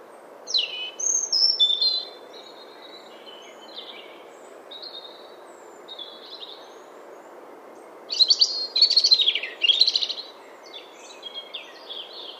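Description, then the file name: European robin song: high, thin, varied warbling phrases with trills and sweeping notes, louder at the start and again later, with softer phrases between, over a steady low background hiss. "Erithacus rubecula"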